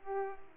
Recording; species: mosquito wingbeat signal from an infrared sensor; Culex pipiens